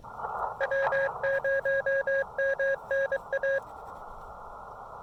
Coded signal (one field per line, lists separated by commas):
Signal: Morse code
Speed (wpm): 23 wpm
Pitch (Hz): 1650 Hz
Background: radio noise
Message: W0MNA